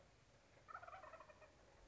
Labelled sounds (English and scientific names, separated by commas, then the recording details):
Wild Turkey (Meleagris gallopavo)
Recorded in Sonoma County, California